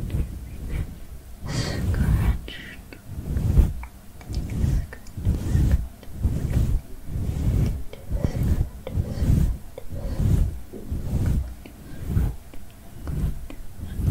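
A head massage with rhythmic rubbing, each stroke swelling and fading about once a second in a steady, unhurried pattern. The strokes carry a deep, muffled thump under soft crackling and scratchy rustles, like fingers moving through hair. Nothing else intrudes.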